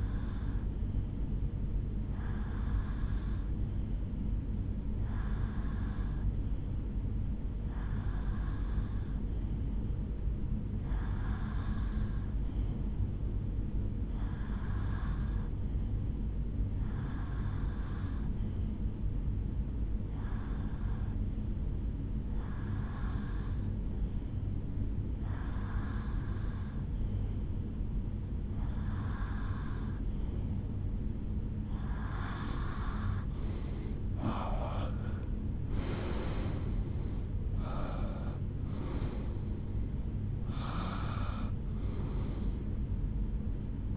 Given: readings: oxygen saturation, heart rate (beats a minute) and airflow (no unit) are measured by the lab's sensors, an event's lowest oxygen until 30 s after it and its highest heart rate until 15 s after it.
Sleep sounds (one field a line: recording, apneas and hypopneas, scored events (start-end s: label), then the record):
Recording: breathing in sleep by a smartphone at the bedside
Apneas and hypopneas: none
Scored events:
none scored
From the record:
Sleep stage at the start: REM sleep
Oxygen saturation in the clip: 82 to 83%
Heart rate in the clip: 74 to 86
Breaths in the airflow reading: 14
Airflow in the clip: -14.0 to 7.8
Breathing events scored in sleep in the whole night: 449 in 7.0 hours asleep